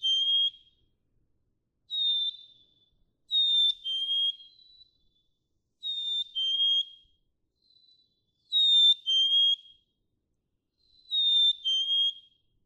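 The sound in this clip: Black-capped chickadee song: clear two-note whistled fee-bee, the first note higher, the second lower and steady, repeated several times every two to three seconds.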